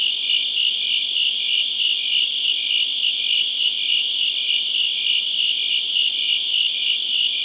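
High cricket chorus with evenly spaced chirp pulses, slightly slower than two a second, layered over a constant trill.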